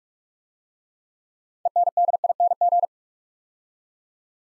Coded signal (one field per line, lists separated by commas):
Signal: Morse code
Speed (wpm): 44 wpm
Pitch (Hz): 700 Hz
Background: none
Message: ENDING